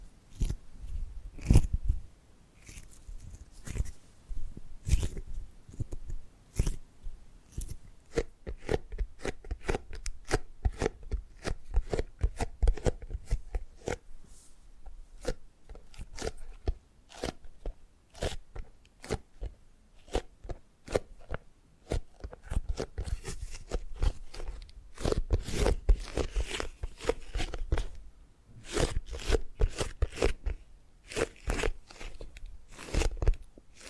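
Tapping and gripping sounds fill the recording as a dense run of short, sharp clicks and crunchy snaps. They come irregularly throughout, sometimes in quick clusters, with louder bursts around 2, 5, 25 and 28 seconds. Between hits a soft rustling of handling continues.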